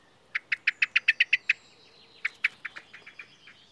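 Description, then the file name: Common blackbird rattling call: a quick run of about nine sharp, clicking chinks, then after a pause a second run that fades away. "Turdus merula"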